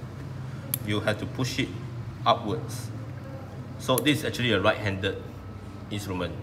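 A ratchet lock on a steel needle holder clicks open at 0.7 s, a short sharp snap that releases the instrument. Someone talks before and after the click.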